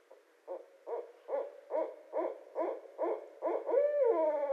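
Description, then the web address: Barred owl giving a rhythmic series of several deep hoots, ending in a drawn-out, falling hoot. Recorded 24 February 2012. "Barred Owl 2012 02 24 Barred Owl"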